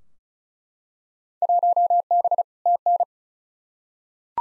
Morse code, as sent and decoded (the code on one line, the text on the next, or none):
.---- -... / - -.
1B TN